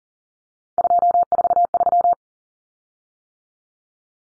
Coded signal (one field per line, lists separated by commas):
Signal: Morse code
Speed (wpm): 40 wpm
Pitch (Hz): 700 Hz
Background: none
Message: 243